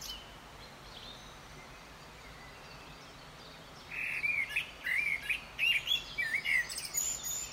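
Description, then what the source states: Eurasian blackcap singing a single phrase of quick, varied warbled notes, starting about halfway through after a quiet stretch. Male singing on a dawn chorus walk in early May at a nature reserve in the UK; song has a scratchy first half and a fluty second half.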